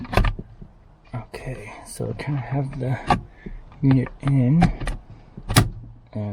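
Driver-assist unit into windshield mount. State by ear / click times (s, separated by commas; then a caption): seated / 5.6 s. Someone talks while a plastic Epilog SideCar driver-assist unit is slid into its windshield mount housing, with soft scraping and handling noises. A sharp click at 5.6 s marks the unit snapping into the mount and seating in place.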